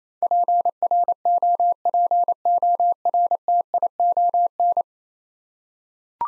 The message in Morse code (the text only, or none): PROPORTION